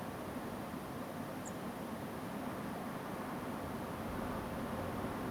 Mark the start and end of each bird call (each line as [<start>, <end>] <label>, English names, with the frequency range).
[1.44, 1.50] Song Thrush (6.5-9.0 kHz)